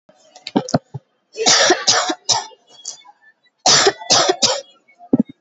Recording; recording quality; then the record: heavy voluntary cough; excellent, no background noise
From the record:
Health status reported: COVID-19 positive, no symptoms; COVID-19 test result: positive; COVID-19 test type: rapid antigen test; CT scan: not taken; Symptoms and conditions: another condition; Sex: female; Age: 26 years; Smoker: no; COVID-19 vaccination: both doses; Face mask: not worn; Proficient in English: yes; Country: India